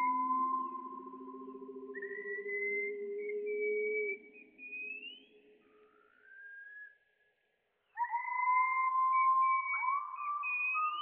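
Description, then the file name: Wallcreeper calls slowed down into long drawn whistles, a low steady tone under higher notes that glide upward, then a short gap before layered rising whistles return. "TICHODROME RALENTI"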